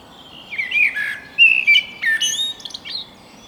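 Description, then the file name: Eurasian blackbird warbling a run of mellow, fluty notes that dip and rise, mixed with higher squeaky twitters; soft background hiss. "Turdus merula"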